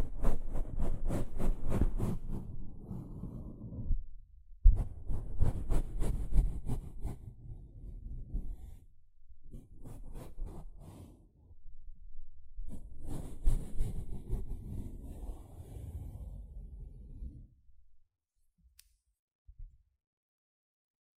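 A sponge being scratched and squished in bursts of dense, crackly rubbing, with pauses near 4.5, 11 and 18 seconds, then sparse ticks.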